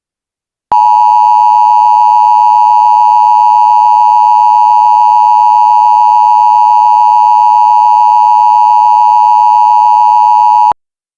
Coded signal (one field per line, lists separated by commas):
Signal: Emergency Alert System (SAME) tones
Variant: 853 and 960 Hz attention tone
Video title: Doomsday For Tropico (EAS Scenario) (Pre-Tartarus)